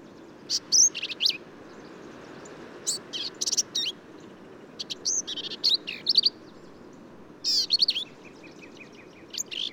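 Black-capped vireo giving a series of varied, squeaky and harsh phrases with slurred whistles, closely spaced, plus faint chips in between.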